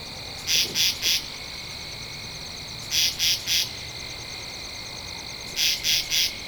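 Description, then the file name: Katydid rasping in triplets of short harsh pulses, three groups heard at intervals of roughly two and a half seconds. Recorded 2 October 2012. "Katydid-20121002"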